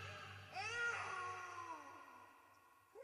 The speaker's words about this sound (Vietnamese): Đứa bé nó cứ khóc. Tôi lúc này cũng đã bị tiếng khóc làm cho hoảng loạn, không biết nên giải thích mọi chuyện ra sao.